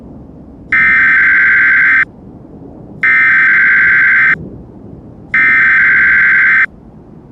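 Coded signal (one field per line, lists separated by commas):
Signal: Emergency Alert System (SAME) tones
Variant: header bursts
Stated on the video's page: Fictional EAS scenario, final part of a story series, not a real broadcast.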